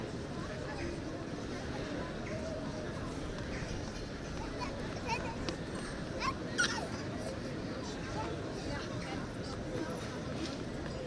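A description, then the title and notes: A city square heard from a seated spot beside a statue, filled with a steady wash of crowd murmur and mingled voices. Footsteps and small knocks pop out now and then, with a sharper clatter around six to seven seconds. Recorded while sitting on the ledge of the pedestal of William Of Orange's statue on the Plein, The Hague.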